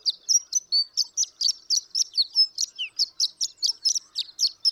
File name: Horned Lark